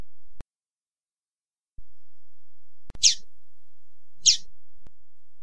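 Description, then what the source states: Double-collared seedeater with two short, high chirps a little over a second apart, preceded by quiet clicks. Female bird.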